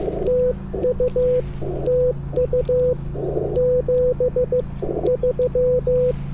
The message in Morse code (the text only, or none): TU TU 73